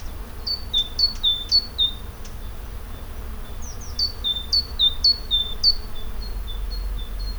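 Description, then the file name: Great tit song: high two-note phrases, a sharp upper note dropping to a lower whistle, repeated rapidly in two bursts, with low background rumble. "Parus major"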